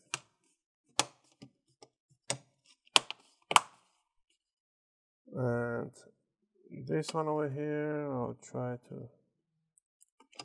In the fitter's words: what you want to do you want to just push on the bezel all the way down make sure you hear those clicks